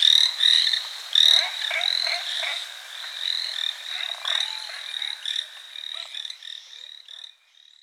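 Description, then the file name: Chinese tree frog calling in rapid bursts of harsh, buzzy notes, loud at first then fading toward the end. "Hyla chinensis"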